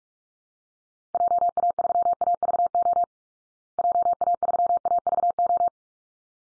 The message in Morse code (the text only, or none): JA3AVO JA3AVO